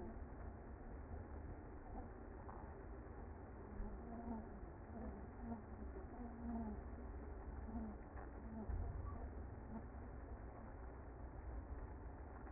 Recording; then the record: honeybee colony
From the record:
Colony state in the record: active